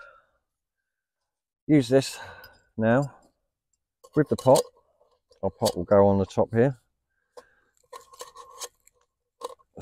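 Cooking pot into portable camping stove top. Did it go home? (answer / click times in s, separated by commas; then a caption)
yes / 9.5 s. A cooking pot is pushed into the top of a portable camping stove and twisted or pressed until it locks into place. Someone talks, then small scraping and tapping sounds follow as the pot is fitted. It seats with a click at 9.4 s.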